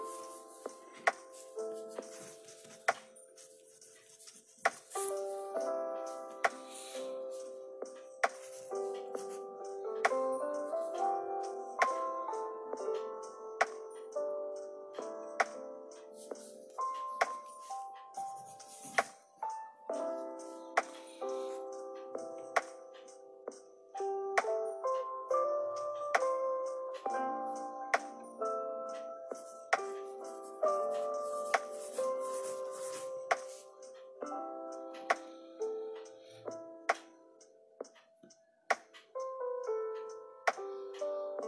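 A soft lofi melody of sustained, mid-pitched notes plays throughout, with short pauses near 19 and 38 seconds. Over it come sharp, frequent taps and clicks, like typing and pencil strokes, arriving irregularly across the whole clip.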